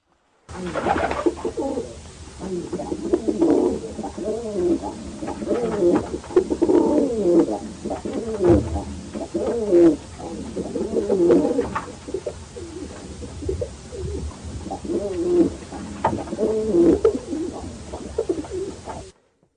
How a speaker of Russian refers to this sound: Голуби.